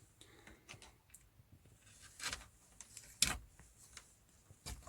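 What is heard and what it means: Radio removal keys are pushed into the release slots of a Ford Transit Connect's car radio and wiggled with faint scraping and small ticks. At 3.2 s a sharp click is heard as a key catches the internal release clip, and it is seated.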